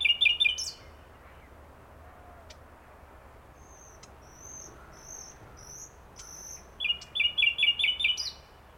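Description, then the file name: Common nightingale song: a burst of rapid, repeated chirping notes, a quiet pause with a few faint high whistles, then another fast rhythmic series of notes. "Luscinia megarhynchos"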